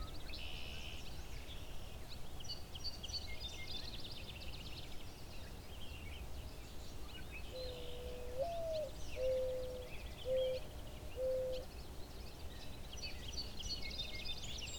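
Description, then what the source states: Mourning dove song: a low, mournful coo sliding upward, then three shorter even hoots about a second apart, with other birds twittering higher up and a low background rumble. Singing while perched atop bat boxes.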